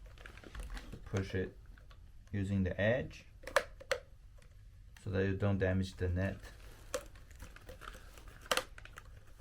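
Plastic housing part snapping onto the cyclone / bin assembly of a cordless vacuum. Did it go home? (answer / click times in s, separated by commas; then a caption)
yes / 8.5 s. Someone talks while reassembling a Dyson V6 cordless stick vacuum with a Wera screwdriver, pushing a plastic housing part near the mesh filter onto the cyclone/bin assembly by hand, using its edge so the mesh is not damaged. After a few soft taps and knocks, a sharp click at 8.5 s marks the part snapping back into place and seating.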